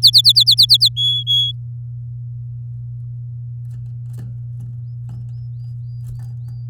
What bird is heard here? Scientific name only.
Serinus canaria